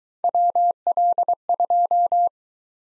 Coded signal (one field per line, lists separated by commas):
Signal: Morse code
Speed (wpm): 22 wpm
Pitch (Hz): 700 Hz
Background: none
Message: WL2